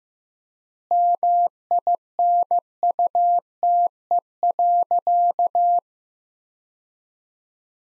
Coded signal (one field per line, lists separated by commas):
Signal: Morse code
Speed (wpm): 15 wpm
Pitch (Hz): 700 Hz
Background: none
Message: MINUTE.